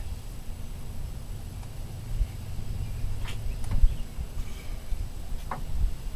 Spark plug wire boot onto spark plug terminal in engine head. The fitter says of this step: them in until you feel and hear the click and